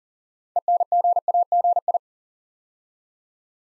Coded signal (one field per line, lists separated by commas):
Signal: Morse code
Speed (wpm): 41 wpm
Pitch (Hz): 700 Hz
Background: none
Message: ENGAGI